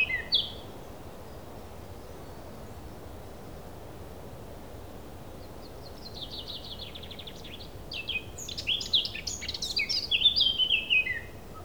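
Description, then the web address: Thrush song: a short whistle at the start, a long quiet gap, then a soft buzzy trill building into a loud jumbled run of whistled and scratchy notes. A single thrush. "Effects 02-Birds, Insects Animals. Birds single thrush"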